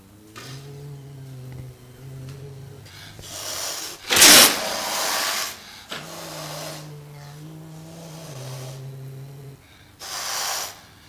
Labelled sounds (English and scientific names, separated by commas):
Serval (Leptailurus serval)